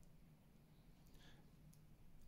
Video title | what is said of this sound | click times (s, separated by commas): Voron 2.4 R2 CBT (CANBUS TAP) Removing Can Bus wires from JST 2.5mm plug | it just clicks into place | 1.7 s